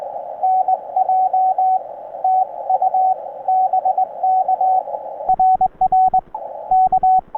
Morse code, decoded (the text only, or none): NJ TU BK RR K